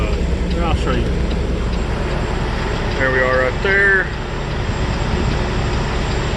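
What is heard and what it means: A truck driver slowly backs the tractor's fifth wheel under the trailer to line it up with the kingpin, before easing back until the jaws lock. A steady low engine rumble runs throughout while someone talks. Nothing has seated or clicked yet.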